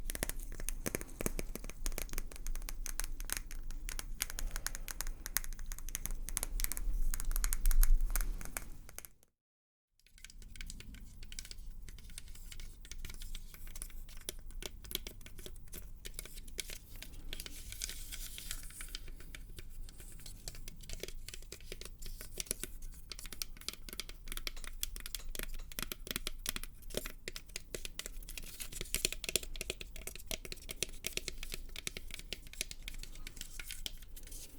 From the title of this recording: Tapping, Scratching & Inaudible Whispers